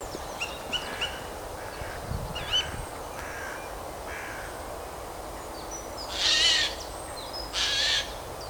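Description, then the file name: Eurasian jay giving two loud harsh rasping screeches near the end, preceded by faint chirps of other birds over constant background hiss. "Garrulus glandarius"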